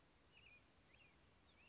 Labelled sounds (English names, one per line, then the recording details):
Chestnut-backed Chickadee
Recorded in Sonoma County, California